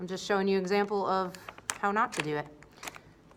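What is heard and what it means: Someone talks while handling a roller end piece at the roller shaft, followed by a few faint, brief ticks and handling noises near the end. The end piece is meant to be pressed in with the button and turned until it locks, but nothing has seated or clicked yet.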